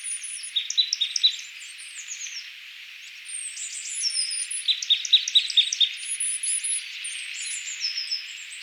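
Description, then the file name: Marsh tit calls, two short runs of clear, evenly spaced high notes several seconds apart, among thin, very high twitters. "Poecile palustris"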